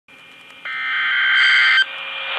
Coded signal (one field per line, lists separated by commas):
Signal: Emergency Alert System (SAME) tones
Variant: header bursts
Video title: NOAA Weather Radio EAS #82: Severe T-Storm Warning